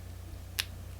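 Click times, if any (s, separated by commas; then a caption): 0.6 s. A small oval silicone ear tip is lined up and pushed onto the hard plastic speaker nozzle of a wireless earbud. A single short, sharp click sounds at 0.6 s over a low steady hum, and the tip is seated in place.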